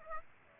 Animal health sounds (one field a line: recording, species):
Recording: mosquito wingbeat signal from an infrared sensor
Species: Aedes aegypti